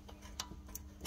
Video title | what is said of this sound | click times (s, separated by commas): Tuto montage Freins PFC V3 + Endless sur PORSCHE GT4 ou GT3 RS | j'ai entendu le petit clipse et voilà ça part | 0.4 s